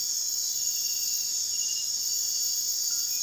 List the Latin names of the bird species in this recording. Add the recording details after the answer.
none. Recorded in dense forest near Puerto Asís, Putumayo, Colombia, on 19 February 2024 at 03:30. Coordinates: 0.499, -76.324. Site G6469